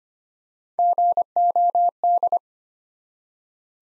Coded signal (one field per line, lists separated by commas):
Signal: Morse code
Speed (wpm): 25 wpm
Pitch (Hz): 700 Hz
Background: none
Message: GOD